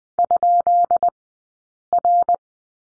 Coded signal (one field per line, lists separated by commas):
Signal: Morse code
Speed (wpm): 20 wpm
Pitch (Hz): 690 Hz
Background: none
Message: ?R